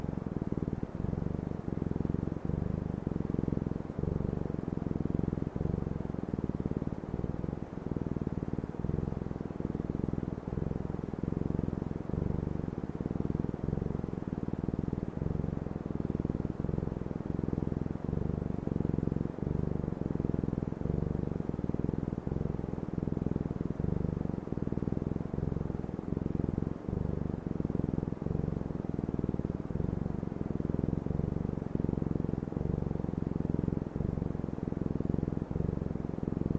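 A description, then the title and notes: A cat purrs without pause, a deep, rumbling flutter that stays low and even for the whole stretch. Soft, steady hiss sits faintly above it, and the level never rises or falls. Cat Purring Sounds with Gentle White Noise.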